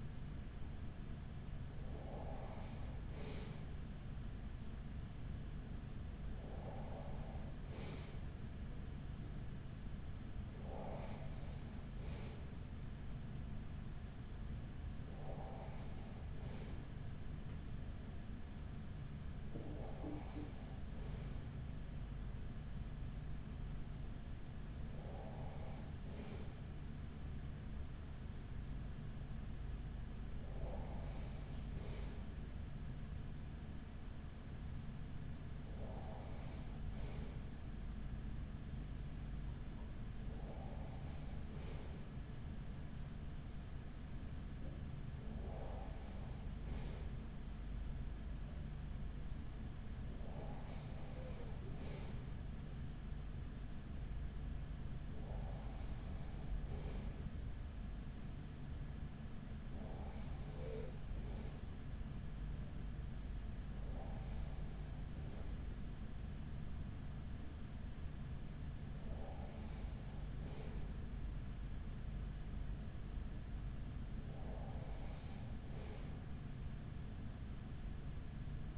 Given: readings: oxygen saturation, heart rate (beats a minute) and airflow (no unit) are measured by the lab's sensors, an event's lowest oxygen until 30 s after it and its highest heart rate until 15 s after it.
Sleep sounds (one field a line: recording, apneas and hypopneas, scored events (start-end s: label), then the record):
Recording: breathing in sleep by a smartphone at the bedside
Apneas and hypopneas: none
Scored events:
none scored
From the record:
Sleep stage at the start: N2 (light sleep)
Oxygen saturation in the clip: 94 to 96%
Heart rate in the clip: 42 to 45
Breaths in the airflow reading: 16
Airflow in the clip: -6.5 to 4.4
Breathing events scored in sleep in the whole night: 207 in 7.6 hours asleep